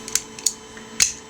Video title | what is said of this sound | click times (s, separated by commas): Power Rangers Mystic Force Titan Megazord (Magiranger Magiking) | And then just snap in place there. | 0.2 s, 0.5 s